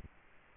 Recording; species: mosquito wingbeat signal from an infrared sensor; Culex quinquefasciatus